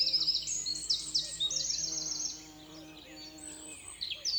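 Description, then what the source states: Eurasian wren song: a rapid string of sharp, high trilled notes for about two seconds, then quieter chirps and a brief final trill over a low humming background. Wren singing in a beech forest in spring at Saint-Dizier-en-Diois; date given as 6 June 2019 and as 28 May 2019, 8:30; stereo, Nagra Seven with MKH8020; sun-warmed insects humming in background.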